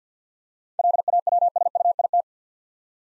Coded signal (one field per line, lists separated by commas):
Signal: Morse code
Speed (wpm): 50 wpm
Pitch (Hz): 700 Hz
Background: none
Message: LAWSUIT